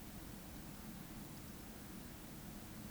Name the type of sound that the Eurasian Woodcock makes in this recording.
whistle